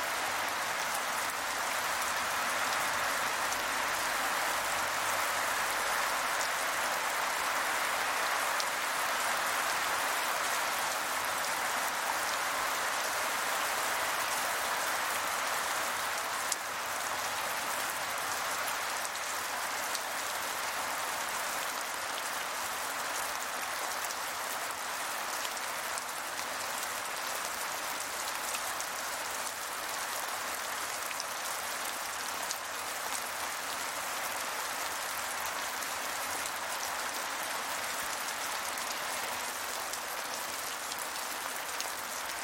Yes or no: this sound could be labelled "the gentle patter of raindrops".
yes